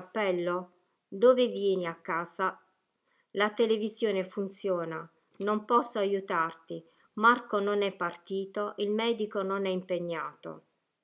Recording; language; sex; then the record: read phrases; Italian; female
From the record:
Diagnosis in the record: healthy control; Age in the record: 61 years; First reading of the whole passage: 67 s, 7.7 characters per second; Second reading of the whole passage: 54 s, 9.6 characters per second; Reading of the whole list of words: 44 s, 6.4 characters per second